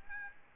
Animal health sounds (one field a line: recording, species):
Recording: mosquito wingbeat signal from an infrared sensor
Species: Aedes albopictus